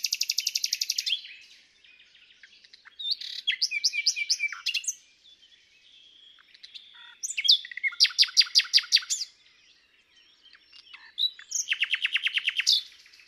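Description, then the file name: Common nightingale song: four bursts of rapid repeated notes, each lasting one to two seconds, separated by quieter pauses with faint chirps. "Luscinia megarhynchos"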